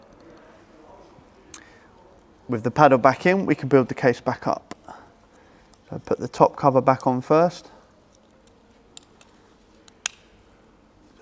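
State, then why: Seated. Someone talks while building the steering wheel shift paddle housing back up on an E92 M3 after refitting a new Evolve DCT shift paddle. The top cover is pressed back onto the case, with faint small ticks just before it. It snaps into place with a sharp click at 10.1 s, seated.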